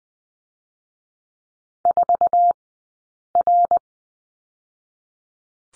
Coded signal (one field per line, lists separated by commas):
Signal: Morse code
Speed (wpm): 20 wpm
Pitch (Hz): 700 Hz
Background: none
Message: 4R